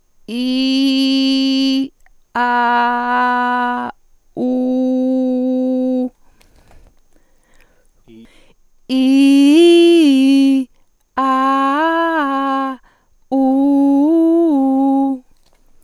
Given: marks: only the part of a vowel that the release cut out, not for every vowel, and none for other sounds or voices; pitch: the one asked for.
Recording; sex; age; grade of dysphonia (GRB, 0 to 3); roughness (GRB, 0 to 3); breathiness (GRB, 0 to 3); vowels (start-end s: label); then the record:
sustained vowels; female; 50 to 59 years; 2; 0; 0
0.39-1.77 s: vowel /i/, low pitch
2.41-3.74 s: vowel /a/, low pitch
4.42-6.05 s: vowel /u/, low pitch
8.97-10.56 s: vowel /i/, low-high-low pitch
11.30-12.67 s: vowel /a/, low-high-low pitch
13.52-15.06 s: vowel /u/, low-high-low pitch
From the record:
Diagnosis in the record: hyperfunctional dysphonia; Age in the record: 58 years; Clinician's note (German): Hyperfunktionelle Dysphonie